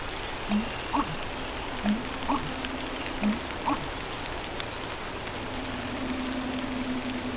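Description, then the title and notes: American bittern, low gulping call notes repeated three times roughly every one and a half seconds, under a steady hiss of light rain. "American Bittern. Acadia National Park"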